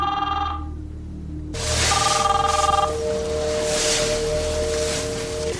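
A telephone rings in the middle of the night with steady, high-pitched electronic tones that repeat in short bursts, joined partway through by a loud, rushing hiss that carries on beneath the sustained ringing.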